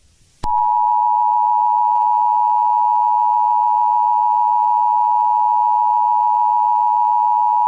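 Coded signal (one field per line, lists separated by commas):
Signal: Emergency Alert System (SAME) tones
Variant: 853 and 960 Hz attention tone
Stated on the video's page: Fictional scenario; not a real alert.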